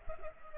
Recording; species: mosquito wingbeat signal from an infrared sensor; Culex pipiens